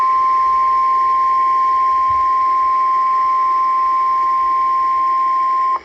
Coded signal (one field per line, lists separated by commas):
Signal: Emergency Alert System (SAME) tones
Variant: 1050 Hz attention tone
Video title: EAS #877 Severe Thunderstorm Warning